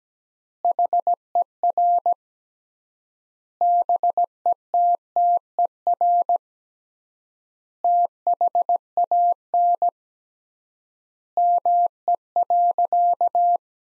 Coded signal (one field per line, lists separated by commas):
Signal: Morse code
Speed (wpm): 17 wpm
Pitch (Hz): 700 Hz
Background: none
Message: HER BETTER THAN ME.